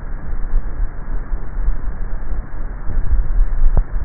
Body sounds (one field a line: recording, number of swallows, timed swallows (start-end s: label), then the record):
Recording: swallowing sounds by neck microphone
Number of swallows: 1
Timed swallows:
2.88-3.72 s: swallow
From the record:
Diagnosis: dysphagia